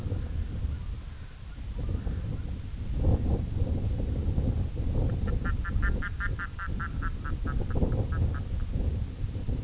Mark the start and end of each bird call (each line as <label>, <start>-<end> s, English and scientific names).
Red-throated Loon (Gavia stellata), 0.01-2.60 s
Red-throated Loon (Gavia stellata), 5.01-8.70 s